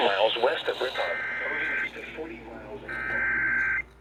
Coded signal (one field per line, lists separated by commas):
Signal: Emergency Alert System (SAME) tones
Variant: header bursts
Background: speech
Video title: Severe Thunderstorm Warning on KEC-60 (EAS #87)